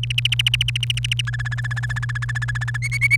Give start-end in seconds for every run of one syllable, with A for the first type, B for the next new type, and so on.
0.03-1.21 A, 1.27-2.77 B, 2.82-3.16 C